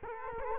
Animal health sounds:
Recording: mosquito wingbeat signal from an infrared sensor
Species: Culex quinquefasciatus

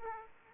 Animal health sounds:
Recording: mosquito wingbeat signal from an infrared sensor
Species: Aedes aegypti

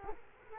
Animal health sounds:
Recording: mosquito wingbeat signal from an infrared sensor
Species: Culex quinquefasciatus

